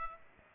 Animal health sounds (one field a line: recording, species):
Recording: mosquito wingbeat signal from an infrared sensor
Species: Aedes aegypti